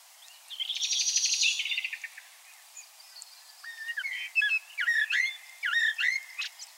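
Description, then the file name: Common blackbird giving a harsh, buzzy chattering burst, then a string of short, varied whistled and twittering notes after a pause. "Turdus merula"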